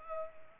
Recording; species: mosquito wingbeat signal from an infrared sensor; Culex pipiens